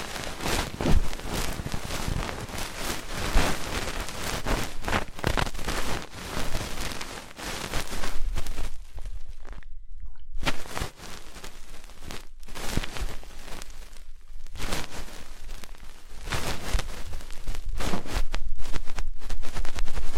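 Fast ear cleaning with dense, rapid scratching and rubbing that crackles across the full range, from low thumps to bright hiss. The rubbing runs almost nonstop, broken by brief silences near 10, 12 and 14 seconds, and grows louder toward the end.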